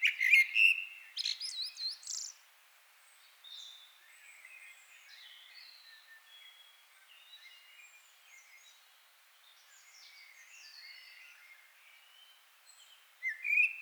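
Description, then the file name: Common blackbird song: a fluty phrase with high twittering, long stretches of faint warbling, then a new phrase starting at the end. "Turdus merula"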